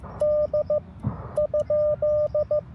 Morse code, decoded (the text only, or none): D?